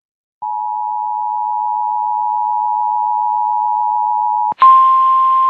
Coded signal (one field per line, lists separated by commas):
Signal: Emergency Alert System (SAME) tones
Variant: 853 and 960 Hz attention tone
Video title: EAS 60-61. SVR and WT on WJON IP